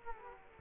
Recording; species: mosquito wingbeat signal from an infrared sensor; Culex quinquefasciatus